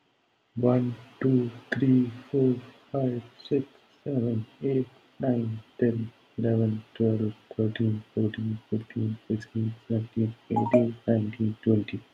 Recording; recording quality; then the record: counting at a normal pace; moderate, slight background noise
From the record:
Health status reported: healthy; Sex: male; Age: 34 years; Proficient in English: yes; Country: India